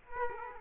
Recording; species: mosquito wingbeat signal from an infrared sensor; Culex quinquefasciatus